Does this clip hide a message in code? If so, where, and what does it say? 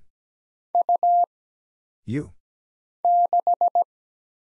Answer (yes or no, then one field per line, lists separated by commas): yes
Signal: Morse code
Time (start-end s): 0.7-3.8 s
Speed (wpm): 17 wpm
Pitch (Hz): 700 Hz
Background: none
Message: U 6